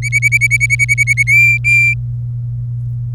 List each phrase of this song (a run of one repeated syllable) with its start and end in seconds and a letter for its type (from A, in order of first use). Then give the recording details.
0.02-1.23 A, 1.27-1.94 B. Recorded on 26 April 2018 at 18:20. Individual llb3